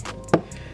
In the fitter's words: and it should kind of lock into place and you shouldn't have to hold it together and it should stay